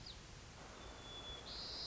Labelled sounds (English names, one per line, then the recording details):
White-crowned Sparrow
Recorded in Sonoma County, California